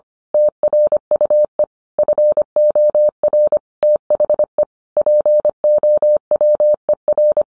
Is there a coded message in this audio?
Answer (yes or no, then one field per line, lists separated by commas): yes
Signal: Morse code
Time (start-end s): 0.3-7.4 s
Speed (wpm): 25 wpm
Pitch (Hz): 600 Hz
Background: none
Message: TRUE FOR THE POWER